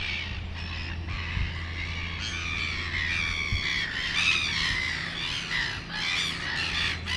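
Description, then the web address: Gulls squawking, with hoarse, broken cries that follow one another closely over a constant low engine hum. Recorded at sea near Port Chalmers in 2018. "travelogue 2018 Port Chalmers sea. gulls"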